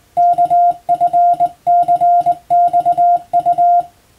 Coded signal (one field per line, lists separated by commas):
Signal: Morse code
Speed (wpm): 21 wpm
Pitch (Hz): 700 Hz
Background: none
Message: KFCXU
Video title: 【Radio operator morse practice】This is a Morse code practice video. There is a morse exam in japan.